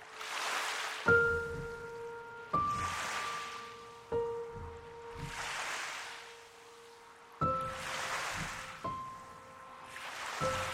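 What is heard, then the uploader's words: Lapping Columbia River water rises and falls in soft, hissing swells about every two seconds. Over it, single piano notes enter at irregular intervals, each ringing out as a held mid-pitched tone that fades slowly until the next one arrives. Kelley Point Soundwalk distinctly captures the sound of the lapping Columbia River with ASMR-like sensitivity, forming a unique backdrop for piano, strings, and hushed, undulating synth drones.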